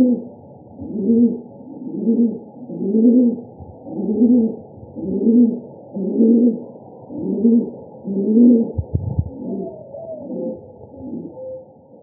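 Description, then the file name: Rock pigeon giving a rhythmic run of deep, purring coos about one per second, fading near the end. Arizona. "AZFO ROPI 1 B deviche"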